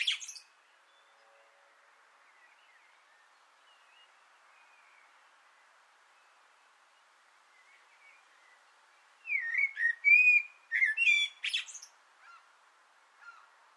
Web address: sammel Naturinspelningar Koltrast på antennen 2025 06 06